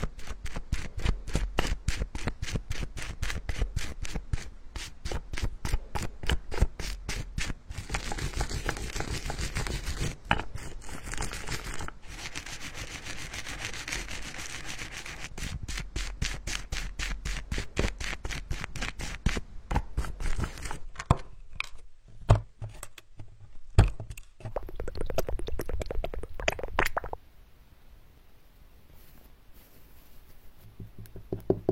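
A collection of tapping, smearing, tearing and massage sounds: dense rapid crackly tapping and rubbing throughout, thinning into sparse soft taps after twenty-seven seconds.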